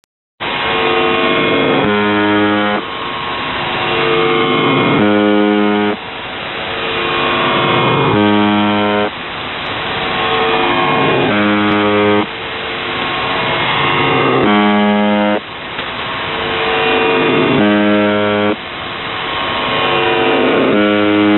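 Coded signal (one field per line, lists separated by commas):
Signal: channel marker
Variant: UVB-76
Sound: short harsh low buzzes repeating about every three seconds, about seven in total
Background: radio static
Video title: UVB 76 4625 KHZ 186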